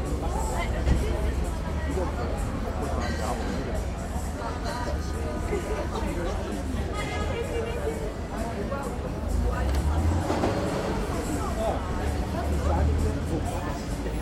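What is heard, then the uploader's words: Café terrace in Berlin with a steady babble of overlapping voices over a low traffic rumble that swells briefly around ten and thirteen seconds. The general atmosphere on the terrace of Café Maibach in Berlin.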